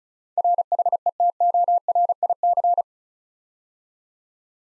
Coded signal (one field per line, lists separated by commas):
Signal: Morse code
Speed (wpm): 36 wpm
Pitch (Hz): 700 Hz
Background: none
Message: RHETORIC